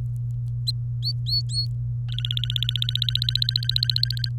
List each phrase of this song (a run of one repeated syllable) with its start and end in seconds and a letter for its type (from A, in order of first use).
1.03-1.65 A, 2.08-4.29 B